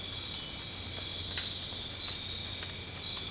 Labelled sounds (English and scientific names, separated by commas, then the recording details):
none
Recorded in dense forest near Puerto Asís, Putumayo, Colombia, on 24 March 2025 at 01:00
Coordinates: 0.485, -76.318
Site G056